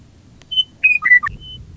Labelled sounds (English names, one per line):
Western Meadowlark